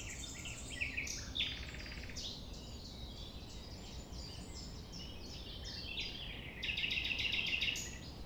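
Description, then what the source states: Common nightingale singing two rapid rattling bursts of repeated notes, the second longer, among varied notes and a low background hum. At sunrise, 6 a.m., near the Thève at Champ de Ménage; the nightingale sings without waiting for silence.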